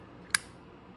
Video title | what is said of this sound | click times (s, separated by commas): SPYDER - BUY THIS HOLE SAW SET! | and then release and it snaps into place | 0.3 s